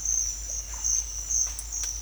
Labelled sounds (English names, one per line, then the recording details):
none
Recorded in dense forest near Puerto Asís, Putumayo, Colombia, on 18 December 2024 at 07:30
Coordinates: 0.481, -76.323
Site G100